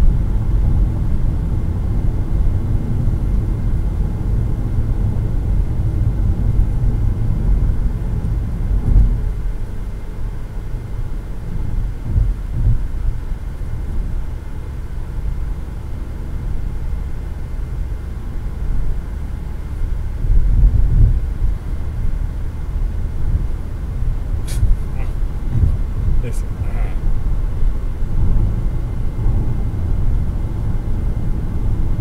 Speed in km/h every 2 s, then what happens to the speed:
93, 93, 93, 92, 91, 90, 88, 88, 90, 92, 96, 100, 103, 107, 107, 106.
0-14 steady at about 91. 14-25 speeds up to 107. 25-32 steady at about 107.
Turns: none.